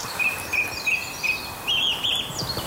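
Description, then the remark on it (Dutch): Birds sing in an early morning chorus, with repeated high, clear whistled notes rising over a soft, steady background hum and faint chirping, no voices heard. “Ze worden echt wakker, hè?”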